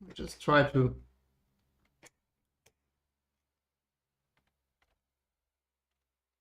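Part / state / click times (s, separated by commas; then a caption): 3D-printed panel piece into 3D-printed PC case / seated / 2.7 s. Someone talks briefly, then a 3D-printed piece, likely a wood-filament optic panel element, is pushed into place in a 3D-printed PC case. A faint tick at about 2.1 s is followed by a sharp, short click at 2.7 s as the piece seats, and it is held so it does not snap back out. The rest is near silence.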